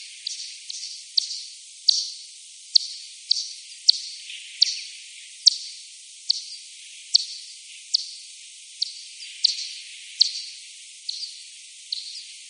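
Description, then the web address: Daubenton's bat echolocation calls, slowed down: a steady series of short, sharp clicks, with nothing else heard. Slowed tenfold, recorded 22 October 2020 at 18:23. "bat 20201022 T 18 : 23 : 27 Z-Daubenton-10 x-slow"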